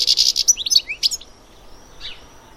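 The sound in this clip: Bird giving a rapid run of high, pulsed chirps and quick slurred notes in the first second, then near silence with one faint note.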